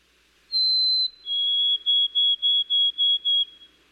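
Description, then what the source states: White-throated Sparrow song: a long high whistle, then a slightly lower whistle followed by several short, quick notes on that same pitch. In many areas this species has shortened its song within a few decades.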